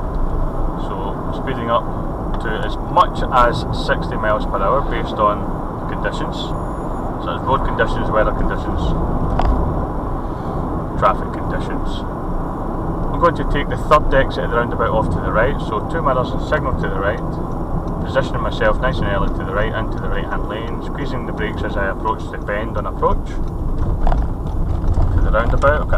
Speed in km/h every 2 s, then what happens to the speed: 60, 61, 61, 64, 64, 63, 60, 58, 53, 52, 47, 40, 31.
0-10 steady at about 61. 10-26 slows to 31.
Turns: none.